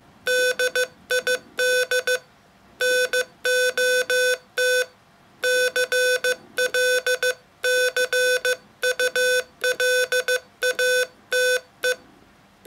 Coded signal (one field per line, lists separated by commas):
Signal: Morse code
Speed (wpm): 15 wpm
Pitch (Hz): 500 Hz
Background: none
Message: DID NOT CLCULATE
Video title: 33. Father's Day Special: Poetry in Morse - SOUNDsculptures (ASMR)